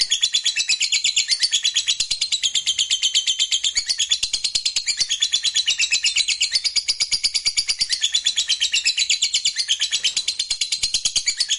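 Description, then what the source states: Lovebird song: an unbroken torrent of shrill, fast chattering notes with rapid rhythmic pulsing, sustained at high pitch for the whole stretch. Fighter-type lovebird singing energetically (gacor).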